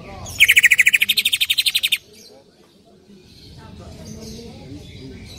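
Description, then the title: Greater green leafbird producing one fast, buzzy trill lasting about a second and a half, stepping up in pitch midway, then near silence. Female calling to a male; described as calling very actively and persistently (gacor hiper). "CUCAK IJO BETINA GACOR HIPER MEMANGGIL JANTAN"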